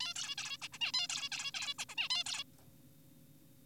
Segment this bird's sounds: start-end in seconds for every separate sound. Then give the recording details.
0.01-0.14, 0.16-0.35, 0.38-0.57, 0.62-0.68, 0.73-0.78, 0.81-0.92, 0.94-1.07, 1.09-1.29, 1.32-1.52, 1.54-1.74, 1.79-1.85, 1.89-1.95, 1.98-2.09, 2.10-2.24, 2.26-2.44. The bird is an adult. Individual g4p5U